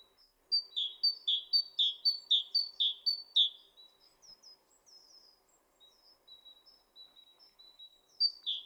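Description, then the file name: Great tit song: a steady run of several two-note phrases, a high sharp note then a lower full one, followed by quieter thin calls and a new phrase starting. "Parus major"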